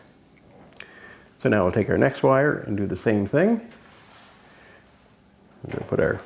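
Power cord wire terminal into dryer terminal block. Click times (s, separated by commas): 0.8 s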